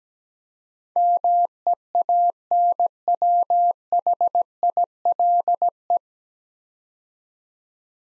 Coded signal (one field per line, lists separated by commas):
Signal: Morse code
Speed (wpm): 17 wpm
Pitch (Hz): 700 Hz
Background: none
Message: MEANWHILE